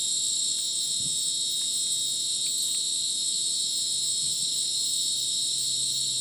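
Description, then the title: Crickets keep up a dense ringing trill chorus, with a few soft low thumps and rustles beneath the steady insect drone. Rainforest at Madidi National Park, Ucumari, Bolivia, after sunset; very dense insect chorus likened to a polyrhythmic electronic concert; AT BP4029 microphone, MixPre 6 recorder. "Madidi National Park, Ucumari, Bolivia - Supersonic Crickets in the rainforest"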